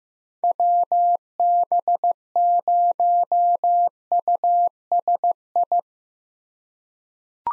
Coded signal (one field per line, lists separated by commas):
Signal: Morse code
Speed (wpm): 15 wpm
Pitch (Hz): 700 Hz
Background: none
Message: WB0USI